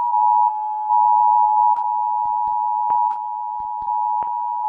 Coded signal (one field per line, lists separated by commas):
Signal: Emergency Alert System (SAME) tones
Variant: 853 and 960 Hz attention tone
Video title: Rating EAS Alerts (Remade) (1 year anniversary) (A-Z)